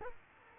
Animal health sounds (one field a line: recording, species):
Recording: mosquito wingbeat signal from an infrared sensor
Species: Culex quinquefasciatus